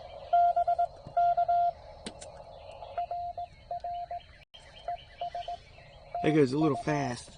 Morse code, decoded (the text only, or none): BK RR ES TU